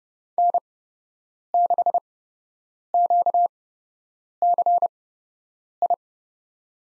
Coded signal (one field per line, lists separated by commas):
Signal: Morse code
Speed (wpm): 30 wpm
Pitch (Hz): 700 Hz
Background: none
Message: N6QCI